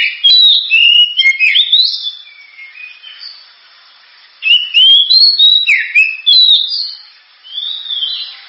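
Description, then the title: Oriental magpie-robin song: rapid, varied whistled phrases with sweeping slurs, in two main bursts with a softer stretch between and a softer final phrase. Champion bird's song. "Kicau Burung Kacer Juara"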